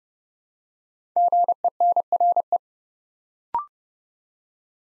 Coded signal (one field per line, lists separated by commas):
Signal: Morse code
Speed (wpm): 30 wpm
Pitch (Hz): 700 Hz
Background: none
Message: GENRE